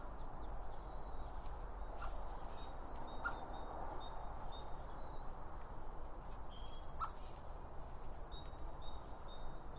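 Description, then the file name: Birds giving faint scattered chirps and brief whistled notes, quiet against a heavy, steady low rumble. Birds around a bird feeder, recorded with two Line Audio OM 1 microphones. "Birds Around Birdfeeding With Two Om 1 From Line Audio"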